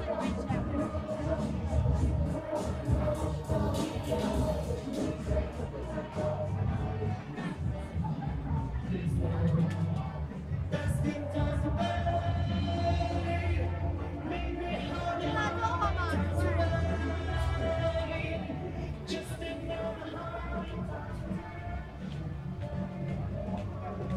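A dense crowd fills the air at Hongyadong in Chongqing, with overlapping voices chattering steadily throughout. A low rumble, perhaps traffic, runs underneath, while sharp clicks and footsteps pop up often, and a raised voice or music rises briefly around the middle.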